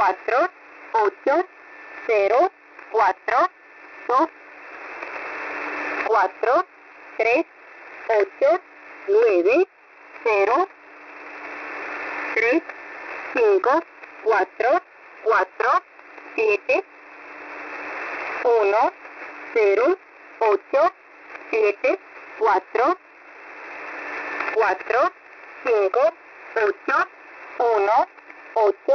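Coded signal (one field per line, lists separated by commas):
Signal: numbers station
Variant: V07 Spanish Lady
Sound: a woman's voice reading single digits at an even pace over shortwave static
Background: radio static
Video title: V07 Spanish Lady 14/07/2024 0700 UTC 13978kHz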